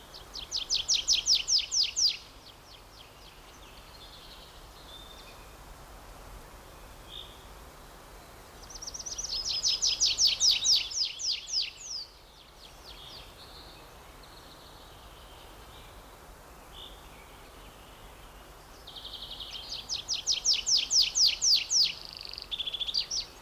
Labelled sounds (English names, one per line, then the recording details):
Willow Warbler
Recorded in the wild
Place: Mühlenbecker Wald, Brandenburg, DE
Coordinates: 52.69, 13.37
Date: 1992-06-27 13:15
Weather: sonnig, 22-26°C
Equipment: Marantz CP 430, Sennheiser ME 80, Kopie Tesla B 116
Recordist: Tembrock, Günter